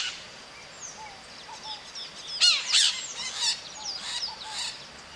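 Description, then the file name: Parrot giving sparse chattering notes, then a cluster of loud, harsh screeches in the middle and fainter squawks afterward. "Maritaca"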